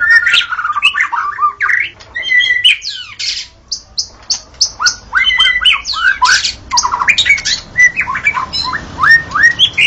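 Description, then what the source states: White-rumped shama singing a fast, varied medley of clear whistles, upslurred notes and harsh rattling phrases, with brief gaps between bursts. Wild forest bird, natural song.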